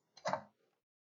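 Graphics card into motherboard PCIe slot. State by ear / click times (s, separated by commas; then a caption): not seated / none. A graphics card is pushed firmly down into a motherboard PCIe slot to seat it under the retention clip. A brief scraping press begins around 0.2 s, peaks near 0.3 s, and fades by 0.5 s, with a few faint ticks around 0.6–0.7 s. The retention clip moves but never clicks, so the card has not clicked into place.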